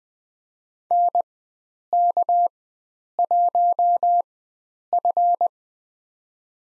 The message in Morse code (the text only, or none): NK1F